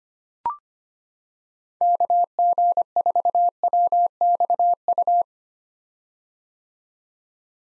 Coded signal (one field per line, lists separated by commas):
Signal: Morse code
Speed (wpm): 25 wpm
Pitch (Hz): 700 Hz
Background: none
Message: KG4WXU